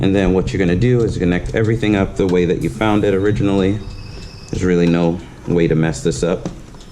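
A motorcycle taillight wiring connector is being handled to reconnect it into its mating harness plug after a fender eliminator and integrated taillight install on a Kawasaki Ninja 650. Someone talks throughout, and nothing has seated or clicked yet.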